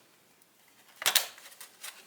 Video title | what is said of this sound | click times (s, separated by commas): BUDGET Interior Transformation for my 240SX Drift Car | you'll hear a little click into place | 1.1 s, 1.2 s